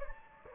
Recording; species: mosquito wingbeat signal from an infrared sensor; Anopheles gambiae